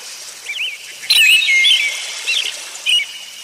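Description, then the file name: Bird calls, short looping chirps around the middle pitch range, then a louder burst of warbled, twittering notes and a few more chirped phrases against a soft hiss. "ptici"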